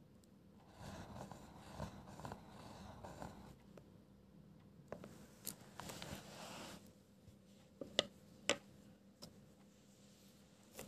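Pencil scribbling with soft scratchy strokes, dense and busy from about one to four seconds, then lighter, sparser strokes. A longer rustle near six to seven seconds sounds like paper moving, and two sharp taps land around eight and eight and a half seconds over a low steady hum.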